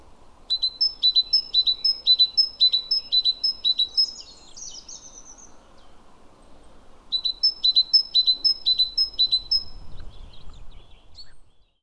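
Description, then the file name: Great tit repeating a bright two-note phrase about twice a second in two series, with a softer twittering note between them and low background rumble. "Parus major"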